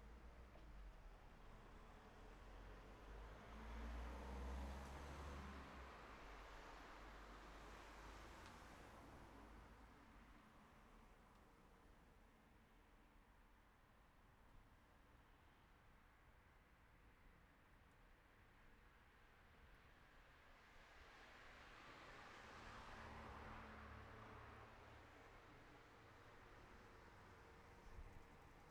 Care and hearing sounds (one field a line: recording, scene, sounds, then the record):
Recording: everyday scene through a hearing-aid microphone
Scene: in traffic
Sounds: traffic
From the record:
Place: city secondary road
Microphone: behind the ear, right, front